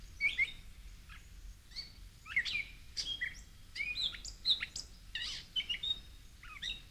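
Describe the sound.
Gray catbird song, a varied sequence of squeaky and whistled phrases with scratchy notes, irregular pacing, set against a low background hum.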